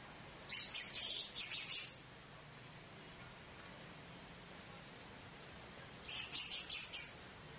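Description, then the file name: Blue-crowned hanging parrot giving a rapid, stuttering run of thin, high squeaky chirps for about 1.5 seconds, then a second burst near the end, over a steady high whine. "serindit"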